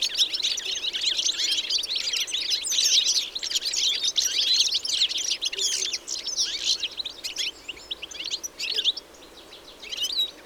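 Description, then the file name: European goldfinch calls: a dense chatter of quick, bright twittering notes, rising and falling in intensity, with a faint steady background hiss. "Carduelis carduelis"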